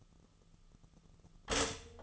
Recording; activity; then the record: daily activity, microphone in the room; stop toaster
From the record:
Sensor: 4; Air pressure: 1010.0 hPa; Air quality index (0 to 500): 180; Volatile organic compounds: 5 ppm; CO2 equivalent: 1824 ppm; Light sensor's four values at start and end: 23/68/27/27 and 23/68/27/26